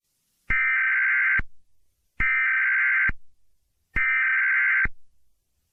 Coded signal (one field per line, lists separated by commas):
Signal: Emergency Alert System (SAME) tones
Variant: header bursts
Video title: EAS Scenario/Mock #10 - Demon’s Fury